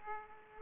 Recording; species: mosquito wingbeat signal from an infrared sensor; Aedes aegypti